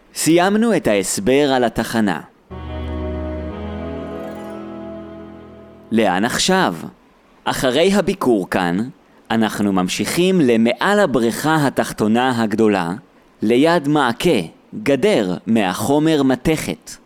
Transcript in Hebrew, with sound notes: סיימנו את ההסבר על התחנה. [אפקט צלצול נעים של פעמון] לאן עכשיו? אחרי הביקור כאן, אנחנו ממשיכים למעל הבריכה התחתונה הגדולה, ליד מעקה (גדר) מהחומר מתכת.